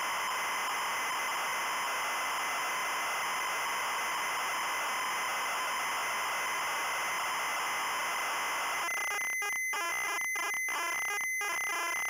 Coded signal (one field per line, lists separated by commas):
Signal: ZX Spectrum tape loading